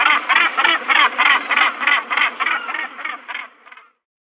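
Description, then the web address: Northern gannet giving harsh, grating calls in a rapid rhythmic series of about three pulses a second, fading out near the end. "Schulze Peter Northern Gannet"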